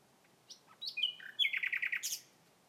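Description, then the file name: Common nightingale song: short sharp notes building into a rapid series of loud repeated chooks around mid-high pitch, ending in a high bright flourish. "Nachtigall Gesang"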